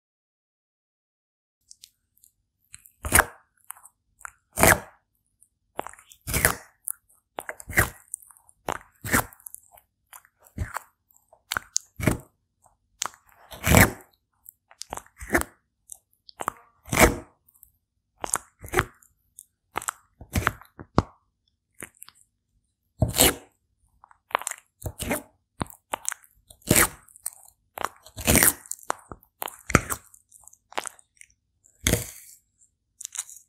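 A tortoise eats watermelon and cherry, with sharp, irregular crunching bites every second or so, separated by near silence throughout.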